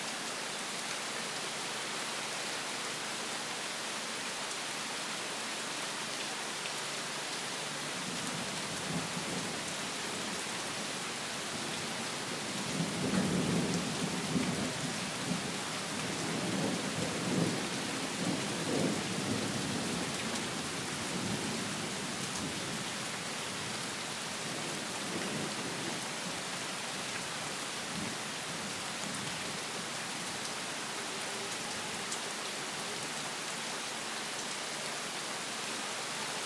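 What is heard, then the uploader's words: Steady, dense rain hisses on a tent, with a low rumble swelling around 13 to 20 seconds before fading back. Rain outside the tent at Masai Mara National Park.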